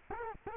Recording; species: mosquito wingbeat signal from an infrared sensor; Culex quinquefasciatus